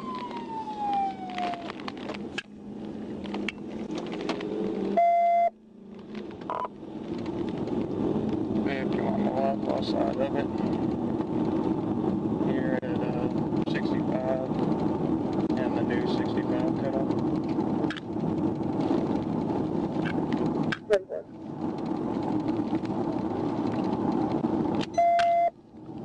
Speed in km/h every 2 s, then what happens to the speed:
39, 45, 58, 74, 77, 85, 93, 95, 92, 92, 90, 89, 85.
0-12 speeds up to 93. 12-26 slows to 85.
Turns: none.